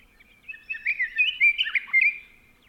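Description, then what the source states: Scott's Oriole song, a rich run of clear whistled notes against a quiet background. Male singing excitedly at dawn, switching between different song patterns; Organ Pipe National Monument, southern Arizona, late March 2017; binaural recording.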